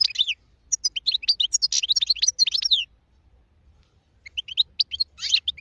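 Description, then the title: European goldfinch song, a dense sequence of high sweet twitters and chirps for about three seconds, a pause, then a further twittering phrase begins. Wild goldfinch; singing, described as the most beautiful song. "اجمل غناءالحسون الخلويchant chardonneret sauvage"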